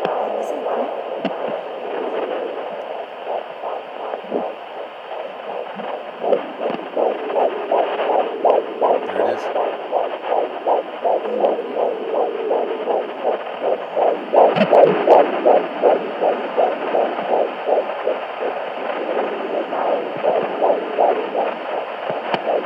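Rapid, regular whooshing pulses around 165 a minute over a steady hiss: a fetal heartbeat by Doppler at 13.5 weeks of pregnancy.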